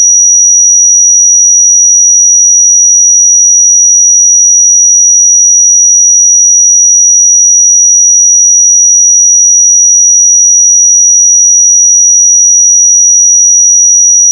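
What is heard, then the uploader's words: A pure sine tone holds at 5804 Hz, a thin, piercing high whistle. It stays perfectly steady and unchanging in pitch and loudness for the full fourteen seconds. No other sounds are present, only silence beneath it. 5804 Hz 1 Hz Interval Sine Pure Tone Frequency 441000 Sample Mono.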